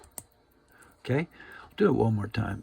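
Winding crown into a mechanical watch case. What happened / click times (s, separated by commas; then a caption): The small metal part snapped back into place / 0.2 s. After the hands are set, the winding crown of a 1900s Elgin 11-jewel wire-lug wristwatch with a military dial, a vintage pocket-style mechanical watch, is pushed back into the case from the hand-setting position to the running position. A single sharp metal click is heard at 0.2 s as the crown seats, and then someone talks.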